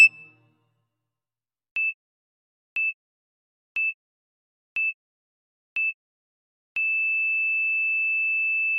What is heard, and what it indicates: Emergency heartbeat monitor single beeps flat.